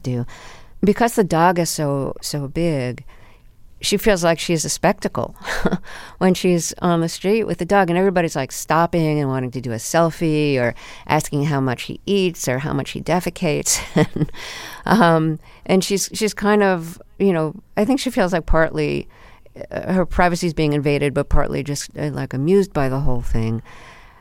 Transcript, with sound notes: Because the dog is so big, she feels like she's a spectacle (laughter) when she's on the street with the dog. And everybody's, like, stopping and wanting to do a selfie or asking how much he eats or how much he defecates (laughter). And she's kind of - you know, I think she feels like, partly, her privacy is being invaded, but partly just, like, amused by the whole thing.